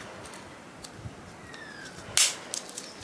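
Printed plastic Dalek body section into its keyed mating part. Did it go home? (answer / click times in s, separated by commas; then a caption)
yes / 2.2 s. A keyed 3D-printed plastic section of a 1:10 scale Dalek model is pressed onto its mating part. After quiet, faint handling sounds, it snaps home with a sharp, bright click at 2.2 seconds, followed by a few light taps. The part is seated.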